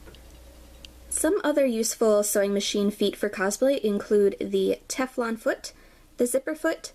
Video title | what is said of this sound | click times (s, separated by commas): Sewing Machine Feet Types [For Beginners] | going to slide that bar into the little socket and press it until it pops into place | 0.9 s